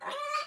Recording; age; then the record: pig call; piglet (1 to 25 days)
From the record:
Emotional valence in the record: negative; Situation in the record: restrain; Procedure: in the arms of a person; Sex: male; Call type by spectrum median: low-frequency call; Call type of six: high-frequency stable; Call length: 0.47 s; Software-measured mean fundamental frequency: 286 Hz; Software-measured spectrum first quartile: 1060 Hz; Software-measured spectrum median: 1391 Hz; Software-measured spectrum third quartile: 2842 Hz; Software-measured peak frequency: 1206 Hz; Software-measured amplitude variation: 131 dB a second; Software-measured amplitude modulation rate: 20.1 a second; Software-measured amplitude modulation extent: 6.5 dB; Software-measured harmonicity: 9.9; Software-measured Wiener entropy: -2.23